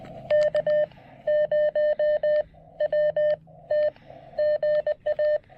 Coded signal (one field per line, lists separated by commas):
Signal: Morse code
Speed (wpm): 20 wpm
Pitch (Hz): 590 Hz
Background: none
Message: K0WT GA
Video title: Snagging a little POTA QRP DX with the Chelegance MC-750 and Xiegu G106!